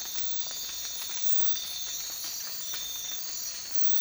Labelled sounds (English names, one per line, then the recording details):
none
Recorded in dense forest near Puerto Asís, Putumayo, Colombia, on 19 March 2025 at 03:30
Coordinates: 0.503, -76.323
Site GP09